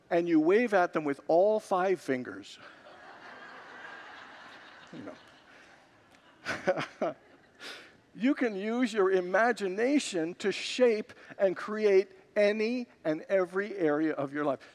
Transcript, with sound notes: And you wave at them with all five fingers. [Congregants laugh] You can use your imagination to shape and create any and every area of your life.